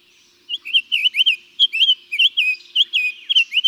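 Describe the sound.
Summer tanager song: a steady string of short, slurred, whistled up-and-down phrases.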